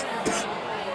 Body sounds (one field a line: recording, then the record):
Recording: coughing mixed with background sound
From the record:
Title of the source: 30 Chesty and wet cough